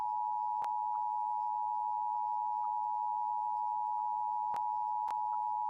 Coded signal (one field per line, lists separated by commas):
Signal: Emergency Alert System (SAME) tones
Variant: 853 and 960 Hz attention tone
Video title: EAS Severe T’storm Warning #22 3/14/25 (Credit Goes To @SouthernPennsylvaniaWX & @KanawhaCountyWX)